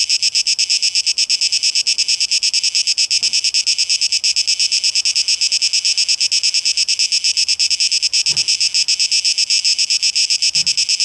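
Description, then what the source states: Cicada song as a continuous sizzling buzz with regular throbbing pulses, a few low thumps in the background. 12 August 2023, tape echo mix.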